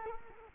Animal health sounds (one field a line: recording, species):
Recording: mosquito wingbeat signal from an infrared sensor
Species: Culex quinquefasciatus